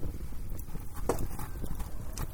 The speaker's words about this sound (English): They're getting closer. I know, they're getting close. Listen if we can hear footsteps running through the woods. They're chasing Slender Man.